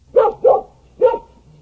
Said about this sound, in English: It's a dog.